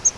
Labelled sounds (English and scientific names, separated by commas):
Grace's Warbler (Setophaga graciae) flight call